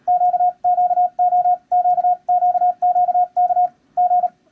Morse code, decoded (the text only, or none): QQO QQQK G